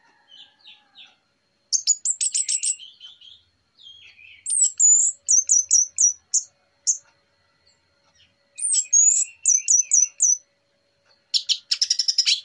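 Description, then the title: Orange-headed thrush song, high thin whistled notes repeated in quick series alternating with chattering phrases and trills. Morning lure recording, described as relaxed and clear. "Pancingan Anis Merah Plong Santai Pagi Hari"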